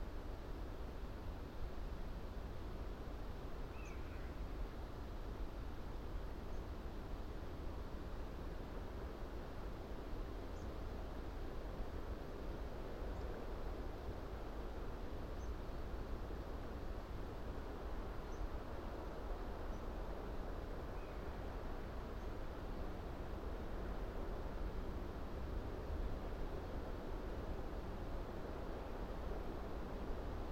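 A mild breeze hushes steadily through a fir forest, a dense, even rushing that stays level for the whole stretch, weighted low with a soft upper hiss. A few faint, brief high calls surface now and then, near 4 and 21 seconds.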